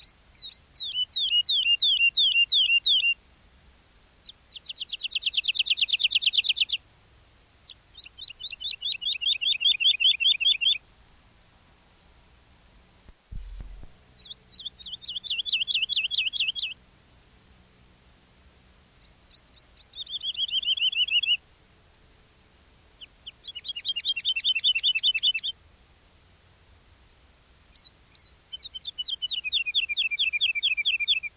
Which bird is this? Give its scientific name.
Lullula arborea